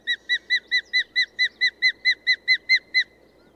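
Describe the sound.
Bird singing a rapid series of fourteen arched, whistled notes at an even pace, each alike, stopping abruptly after three seconds.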